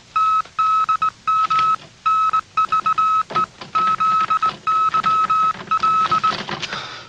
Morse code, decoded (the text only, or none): TDM NVE ZYL